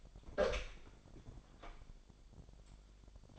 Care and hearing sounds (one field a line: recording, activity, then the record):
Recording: daily activity, microphone in the room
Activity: open door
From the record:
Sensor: 5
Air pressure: 1007.2 hPa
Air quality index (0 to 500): 170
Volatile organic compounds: 4 ppm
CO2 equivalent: 1631 ppm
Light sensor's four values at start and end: 56/158/61/62 and 56/159/62/62